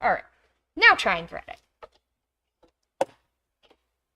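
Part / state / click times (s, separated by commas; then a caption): thread through needle eye via the automatic threader of an embroidery machine / seated / 3.0 s. Someone talks while working the automatic needle threader on an embroidery machine to pass the thread through the needle eye. After a couple of faint ticks, a sharp click sounds at 3.0 s as the thread goes into the needle, confirming it is threaded.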